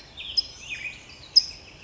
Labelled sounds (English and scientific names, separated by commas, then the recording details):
California Towhee (Melozone crissalis)
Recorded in Sonoma County, California